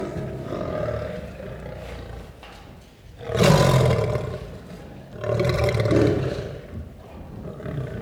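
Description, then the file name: Lion growling low and rumbling, with two loud roaring bursts near three and five seconds, each lasting about a second or more. "Het grommen en brullen van een leeuw - Beeld en Geluid"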